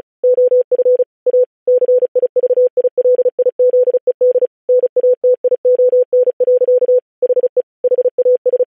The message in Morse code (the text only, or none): OF A CIVILIZED NATION. HE HAS